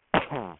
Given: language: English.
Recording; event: throat vibration sensor signal played as sound; cough